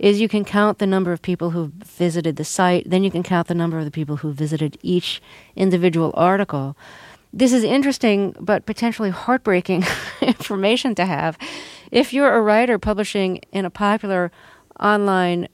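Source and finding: Adult woman. Normal voice.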